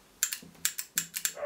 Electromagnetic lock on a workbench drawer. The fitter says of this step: And you can hear that little click there, that's the electromagnet which like releases the lock.